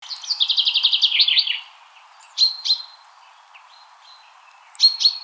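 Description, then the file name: Common chaffinch: a fast run of bright repeated notes slipping slightly downward for over a second, then a few short high calls with thin tonal tails. "Fringilla coelebs"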